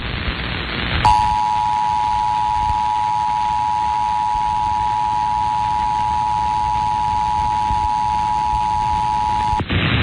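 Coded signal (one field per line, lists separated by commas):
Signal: Emergency Alert System (SAME) tones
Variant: 853 and 960 Hz attention tone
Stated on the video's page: First nationwide EAS test, recorded from an online live stream of a sports talk FM station.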